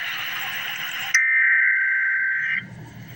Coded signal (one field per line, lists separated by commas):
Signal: Emergency Alert System (SAME) tones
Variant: header bursts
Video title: Emergency Alert System - Cold Weather Advisory - Jan 30, 2026 at 12:06 AM EST